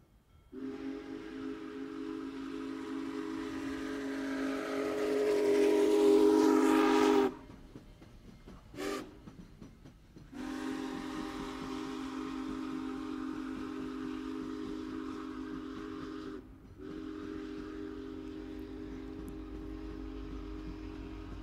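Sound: train running with whistle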